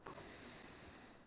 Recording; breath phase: one breath near a microphone; inhalation